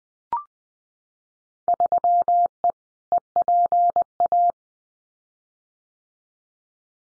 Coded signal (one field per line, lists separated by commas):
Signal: Morse code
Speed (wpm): 20 wpm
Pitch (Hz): 700 Hz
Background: none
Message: 3E EPA